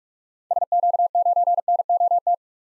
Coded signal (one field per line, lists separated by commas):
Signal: Morse code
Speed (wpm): 45 wpm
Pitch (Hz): 700 Hz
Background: none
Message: SQ9NOT